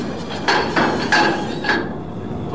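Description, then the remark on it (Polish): Hammers knock out the last launch supports of the ship MS Mironyt at the Gdańsk Shipyard, Poland, during its launch for the shipyard's 15th anniversary: four sharp, ringing blows at uneven intervals over a steady background hiss, with no voices. “Wybito ostatnie podpory.”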